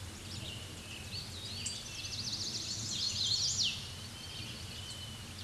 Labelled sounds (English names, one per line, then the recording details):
Hooded Warbler song
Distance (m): 10 m
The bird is about 5 m above the microphone
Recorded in a Pennsylvania forest on 16 May 2024 at 06:47
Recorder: AudioMoth, point MSD-2181
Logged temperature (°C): 12.8 °C
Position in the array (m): 151 m, 108 m